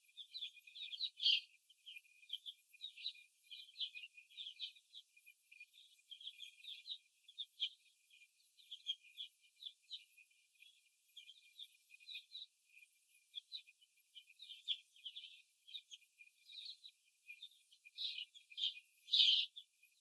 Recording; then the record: young laying hens in a cage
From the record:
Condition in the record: after the stressor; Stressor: simulated dog barking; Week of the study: 1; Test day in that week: 2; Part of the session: 2